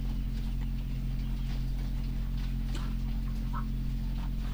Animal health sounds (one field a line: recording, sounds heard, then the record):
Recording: poultry house recording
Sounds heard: sick chickens (respiratory disease)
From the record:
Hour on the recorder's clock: 23